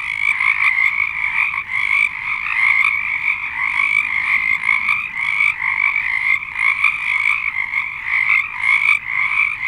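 Frogs calling in a dense chorus, continuous overlapping trills and croaks, steady throughout with no pauses.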